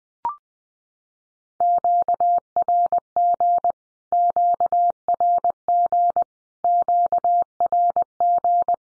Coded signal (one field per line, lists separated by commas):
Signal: Morse code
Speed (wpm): 20 wpm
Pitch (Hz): 700 Hz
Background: none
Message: QRG QRG QRG